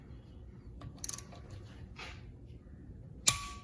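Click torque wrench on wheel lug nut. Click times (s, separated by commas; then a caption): 3.3 s. A click-type torque wrench set to 90 lb tightens a lug nut on the wheel of an Acura TSX/Honda Accord (V6, 2009–2010) during a brake pad and rotor replacement. Faint ratcheting ticks come around 0.8–1.2 s. The wrench gives a sharp click at 3.3 s, showing the nut has reached torque.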